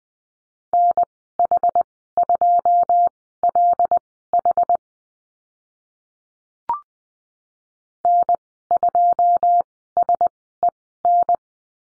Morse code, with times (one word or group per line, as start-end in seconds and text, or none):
0.7-4.8 NH2LH
8.0-11.4 N2SEN